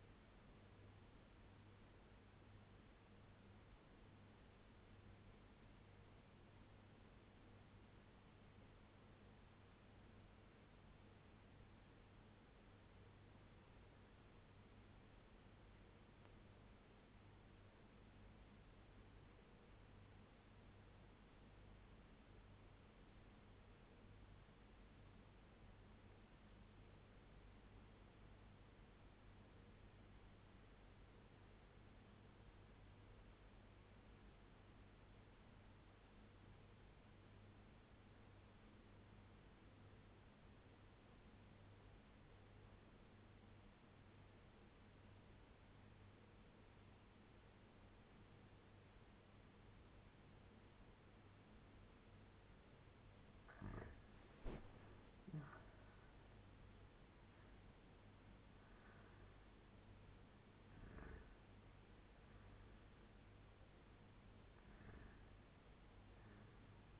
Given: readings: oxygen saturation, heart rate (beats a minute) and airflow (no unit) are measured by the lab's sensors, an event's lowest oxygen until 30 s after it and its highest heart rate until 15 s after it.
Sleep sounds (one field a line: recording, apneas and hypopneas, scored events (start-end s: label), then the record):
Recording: breathing in sleep by a voice recorder at the bedside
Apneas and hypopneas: 1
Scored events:
4.00-54.00 s: obstructive apnea (REM, oxygen 97% highest, then 82% lowest, heart rate 86 at the start, 93 highest)
44.00-67.00 s: new sleep stage, N1 (lightest sleep)
From the record:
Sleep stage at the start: REM sleep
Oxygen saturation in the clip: 84 to 97%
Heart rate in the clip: 83 to 93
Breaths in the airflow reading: 5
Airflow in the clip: -9.1 to 7.0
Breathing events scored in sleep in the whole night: 201 in 6.5 hours asleep